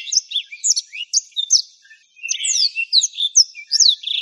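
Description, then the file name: Black-throated canary song: quick high whistles and a buzzy trill, a brief silence, then a denser burst of sweeping notes. "suara burung blackthroat"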